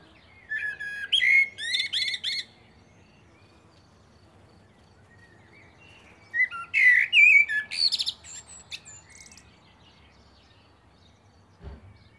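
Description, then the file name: Common blackbird with two song phrases: fluty notes closing in squeaky, buzzy twitters, a long gap between, and a faint thump near the end. "Turdus merula"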